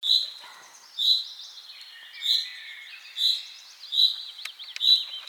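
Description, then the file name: Common chaffinch giving short, high, bright call notes about once a second. "Fringilla coelebs"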